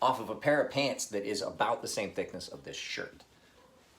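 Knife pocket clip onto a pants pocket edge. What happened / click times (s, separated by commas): The metal clip is handled but not yet snapped onto the fabric / none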